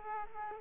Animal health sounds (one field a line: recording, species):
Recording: mosquito wingbeat signal from an infrared sensor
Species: Aedes aegypti